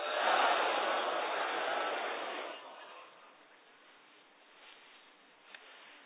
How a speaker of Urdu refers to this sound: جیسا کہ آپ اس ویڈیو میں دیکھ رہے ہیں کہ یہ شہد کی مکھیوں کا ایک چھتہ ہے جس میں ہم انسانوں کے لیے قدرت کی طرف سے ایک انمول تحفہ شہد ہے.